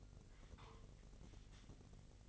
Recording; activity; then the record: daily activity, microphone in the room; take from stove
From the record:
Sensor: 4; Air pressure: 1000.1 hPa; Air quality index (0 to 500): 218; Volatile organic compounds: 24 ppm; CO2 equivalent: 2808 ppm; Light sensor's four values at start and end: 9/20/8/8 and 9/20/8/7